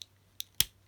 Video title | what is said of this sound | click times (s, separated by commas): Studio Series Perceptor, RatBat & Ramhorn Review - Transformers The Movie | And they will click in. | 0.6 s